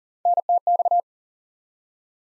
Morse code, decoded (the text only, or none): NTX